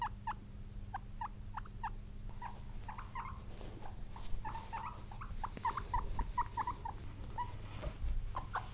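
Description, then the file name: Guinea pig chirping in brief, repeated squeaks that become busier and noisier toward the end, with rustling and a low hum. "cute guinea pig"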